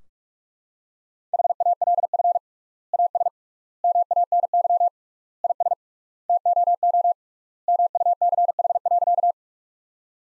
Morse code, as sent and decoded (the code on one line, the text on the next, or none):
.... .- .-.. ..-. / .- ... / -- .- -. -.-- / .. ... / - --- --- / -- ..- -.-. .... .-.-.-
HALF AS MANY IS TOO MUCH.